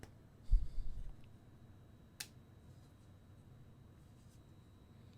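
A plastic Quest 2 VR controller shell half is aligned and pressed onto the other half until the screw holes line up and the gap closes. Low handling rustle comes first, then a single sharp snap at 2.2 s as the shell halves seat together.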